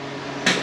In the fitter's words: Actually, we're not all the way in the groove.